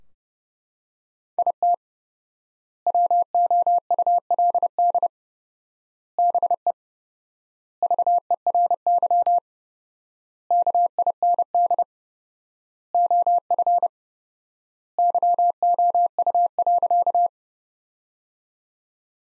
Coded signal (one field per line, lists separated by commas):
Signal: Morse code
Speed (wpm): 32 wpm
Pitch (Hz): 700 Hz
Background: none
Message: IT WOULD BE VERY KIND OF YOU.